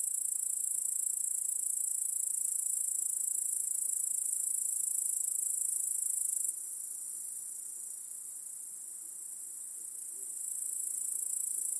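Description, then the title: Crickets in a steady chorus, a dense high-pitched continuous trill that drops in loudness midway, then builds back near the end. Cricket chorus in a backyard at night. "Crickets in Your Backyard. Discovering the Sounds of Home"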